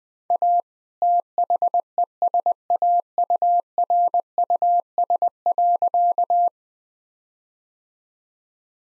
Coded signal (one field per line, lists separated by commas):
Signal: Morse code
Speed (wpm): 20 wpm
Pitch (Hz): 700 Hz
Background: none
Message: A THESAURUS.